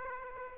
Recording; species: mosquito wingbeat signal from an infrared sensor; Aedes aegypti